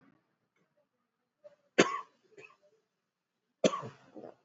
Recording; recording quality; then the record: shallow voluntary cough; excellent, no background noise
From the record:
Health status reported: exposed to COVID-19, no respiratory illness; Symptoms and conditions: cough, cold, fever, fatigue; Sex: male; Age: 30 years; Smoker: no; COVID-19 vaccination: both doses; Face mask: worn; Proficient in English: yes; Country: India